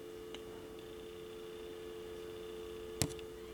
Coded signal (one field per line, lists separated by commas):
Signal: telephone call progress tone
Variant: North America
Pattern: dial tone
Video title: Checkout of Vintage 554 Rotary Dial Telephone